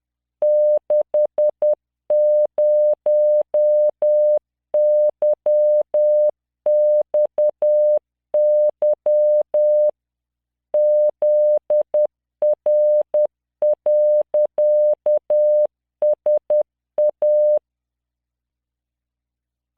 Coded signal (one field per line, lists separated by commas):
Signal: Morse code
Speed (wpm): 10 wpm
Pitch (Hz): 600 Hz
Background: none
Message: 60YXY ZR.SA